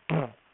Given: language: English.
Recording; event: throat vibration sensor signal played as sound; throat clearing